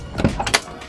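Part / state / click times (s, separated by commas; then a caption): opening latch on an old car's interior or body part / released / 0.5 s. A latch or opening piece on an old car in a junkyard is worked open, with music in the background. A few small rattles and clicks lead up to a sharp click at 0.55 s as the latch releases open.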